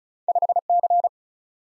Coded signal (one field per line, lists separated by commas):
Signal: Morse code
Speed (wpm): 36 wpm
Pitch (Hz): 700 Hz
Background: none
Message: 5C